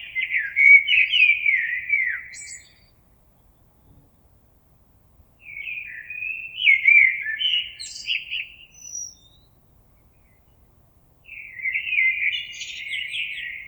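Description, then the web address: Common blackbird with three separate mellow whistled phrases, the first two with high squeaky notes, pauses between them. Recorded 26 April 2022. "oiseaux Merle 2022 04 26"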